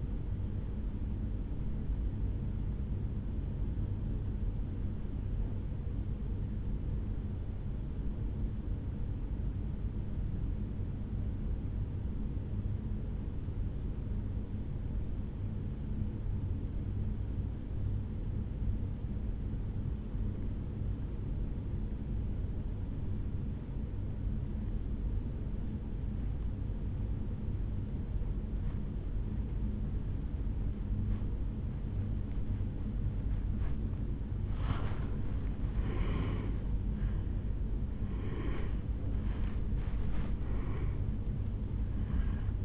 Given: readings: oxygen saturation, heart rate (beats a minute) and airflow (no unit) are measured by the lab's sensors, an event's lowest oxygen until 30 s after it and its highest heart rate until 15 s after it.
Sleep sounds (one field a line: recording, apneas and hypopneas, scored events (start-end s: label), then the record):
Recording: breathing in sleep by a smartphone at the bedside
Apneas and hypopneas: 1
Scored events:
5.00-34.90 s: obstructive apnea (N2, oxygen 97% highest, then 83% lowest, heart rate 57 at the start, 76 highest)
25.00-42.65 s: new sleep stage, N1 (lightest sleep)
From the record:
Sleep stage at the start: N2 (light sleep)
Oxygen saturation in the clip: 87 to 97%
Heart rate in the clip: 55 to 75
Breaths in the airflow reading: 4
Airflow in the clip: -8.3 to 6.8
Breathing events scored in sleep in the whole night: 449 in 7.0 hours asleep